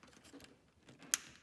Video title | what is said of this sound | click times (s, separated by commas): Porsche Boxster S (981): How to Change Standard Side Marker Lamps to Clear LED Units | there we go you just push it in till it clicks | 1.1 s